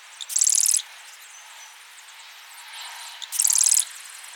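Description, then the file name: Marsh wren making two fast, dry, high-pitched rattling trills about three seconds apart, with quiet hiss between them. "Cistothorus palustris - Marsh Wren"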